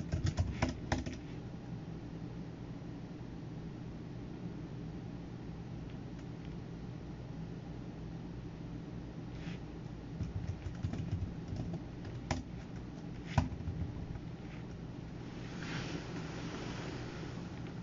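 Sounds of working at a computer: a steady low hum runs throughout, with scattered sharp clicks and taps, clustered near the start and around 10–13 seconds.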